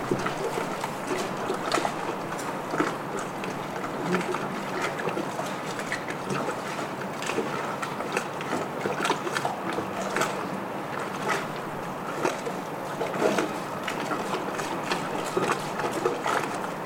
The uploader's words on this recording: Stormy Harbour Ambiance | City of Bristol. This field recording soundscape captures the vibrant ambiance of a stormy harbor.